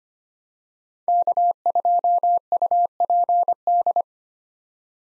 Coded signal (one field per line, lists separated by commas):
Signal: Morse code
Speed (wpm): 25 wpm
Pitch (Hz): 700 Hz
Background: none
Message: K2UPD